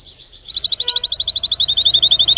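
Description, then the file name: Canary (Spanish Timbrado): canary trill: a short, steady, rapid series of identical bubbling notes starting after a brief pause and continuing evenly to the end. Spanish Timbrado breed of domestic canary, called canário belga in the Portuguese title; singing. "canto do canario belga timbrado espanhol"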